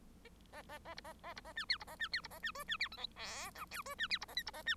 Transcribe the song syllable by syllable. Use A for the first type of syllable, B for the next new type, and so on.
A A A B A A B A C D B A C D B A C E C D F G H I J E C D B A K B A C